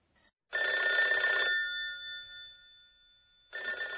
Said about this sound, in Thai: แล้วเสียงนี้ล่ะครับ รีง เสียงโทรศัพท์ด้วยเหมือนกันหรือเปล่าคะ ใช่ครับรีงคือเสียงเรียกเข้าของโทรศัพท์แบบหมุนเลขหมายครับ